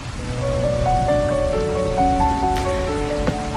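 Steady rain hisses without a break, with a slow, gentle melody of sustained tones drifting over it and a few sharper drops or taps near the end. No one speaks.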